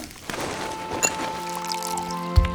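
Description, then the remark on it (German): Wine is poured into a glass: a steady, trickling gurgle whose tone climbs in pitch as the glass fills, with a few light knocks and a dull thump near the end. No one speaks. “Also, gib ihm den Wein.”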